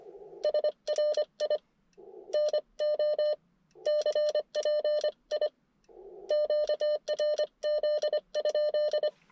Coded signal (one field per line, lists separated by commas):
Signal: Morse code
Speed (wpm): 25 wpm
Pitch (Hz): 600 Hz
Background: none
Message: SRI NO CPI QRZ?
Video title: CW Parks On The Air with the IC-705 and Gabil GRA-7350TC at Tracy Creek State Forest